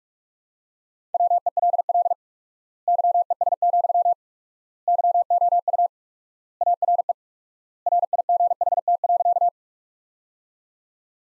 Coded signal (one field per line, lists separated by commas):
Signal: Morse code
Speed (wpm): 47 wpm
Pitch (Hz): 700 Hz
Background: none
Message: WELL YES, YOU ARE RIGHT.